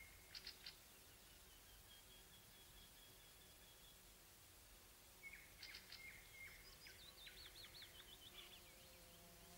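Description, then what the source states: Nightingale song: short sharp notes and a sustained whistle, then a rapid descending trill, faint over steady background hiss. Song of a wild-caught nightingale.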